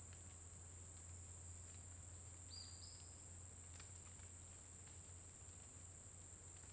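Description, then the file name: Cricket sustaining a continuous shrill trill, with a single short bird whistle midway. Constant cricket sound in a forest during the day, with a bird singing at intervals. "Grilo constante na floresta dia passaro canta em intervalos"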